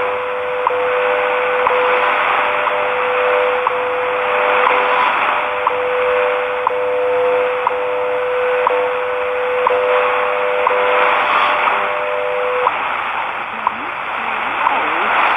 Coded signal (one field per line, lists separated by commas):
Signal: radio time signal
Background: speech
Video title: WWV, 10 MHz from San Francisco, California -- 3:12, 5 May 2020 (UTC)